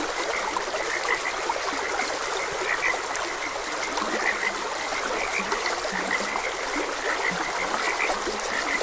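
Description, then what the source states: Many frogs croaking in short repeated notes with some low drawn croaks midway, backed by a steady trickling stream. Frogs croaking beside a gentle stream.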